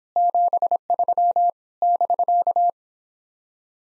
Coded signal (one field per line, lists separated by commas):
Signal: Morse code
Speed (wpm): 26 wpm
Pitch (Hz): 700 Hz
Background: none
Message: 73 <BK>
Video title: Common QSO Phrases Speed-Racing - 17wpm